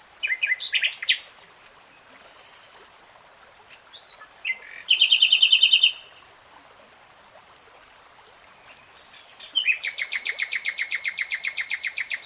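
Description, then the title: Nightingale song in three phrases with quiet pauses between: varied notes, a fast loud rattle of repeated notes, and a long, evenly pulsed final trill. Nightingale singing, recorded in real time. "[Tiếng chim hót] Nightingale Singing"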